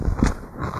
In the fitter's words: into place every time slide it forward slightly lock it in place real firm so